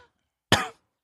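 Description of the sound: A single short, forceful adult cough lasts about a quarter of a second, with a sharp explosive onset and a quick fade, in someone who has recently quit smoking. No wheeze or repeated bursts follow. A faint trailing voice is heard just before it.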